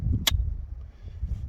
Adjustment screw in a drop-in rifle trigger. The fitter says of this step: That click, I like to take it an extra turn beyond the click,